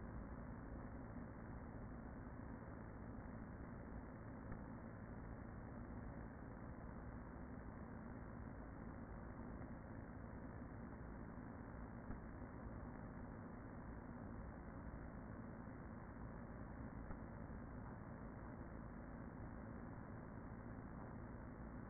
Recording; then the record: honeybee colony, microphone inside the hive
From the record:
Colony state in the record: queen present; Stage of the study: after two queens were removed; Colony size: about 40,000 bees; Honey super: no